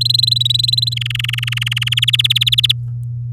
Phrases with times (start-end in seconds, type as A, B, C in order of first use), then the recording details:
0.01-0.94 A, 0.96-2.00 B, 2.02-2.72 C. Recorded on 9 May 2018 at 06:41. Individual llb16